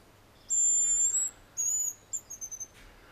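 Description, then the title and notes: Hazel grouse giving thin, high-pitched sustained whistles and a closing burst of rapid short notes, with faint background hiss. "Pyy. Juha Laaksonen"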